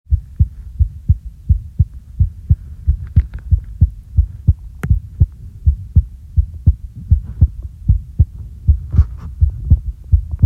Heartbeat normal a little fast.